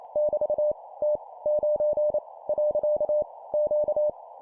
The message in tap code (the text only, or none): none